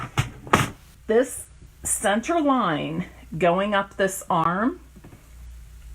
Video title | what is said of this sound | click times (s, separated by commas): No Tricks, Just Treats Fun Fold Cards | big arm that swings out and closes up and locks in place. | 0.5 s